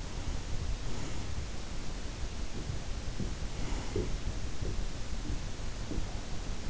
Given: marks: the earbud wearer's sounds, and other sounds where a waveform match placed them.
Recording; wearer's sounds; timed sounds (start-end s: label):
sounds in sleep by an in-ear microphone; breath
0.09-1.56 s: breath
3.53-4.25 s: breath